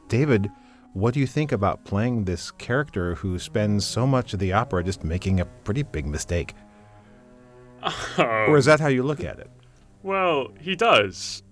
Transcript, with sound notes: David, what do you think about playing this character who spends so much of the opera, just, making a pretty big mistake?
[laughs] …um…
…or, is that how you look at it?
Well…he does.